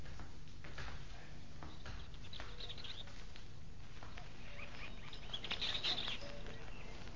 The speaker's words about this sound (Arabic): شوف الجنينة جميلة ازاي. شوف العصافير يا مولاي.